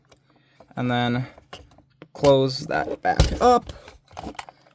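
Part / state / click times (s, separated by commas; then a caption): plastic panel tabs into the body of a transforming toy figure / seated / 4.4 s. Someone talks while a plastic panel on a transforming toy figure is closed back up, its two tabs pressing into the body. The panel smooshes in and locks in place with a soft click at 4.4 s.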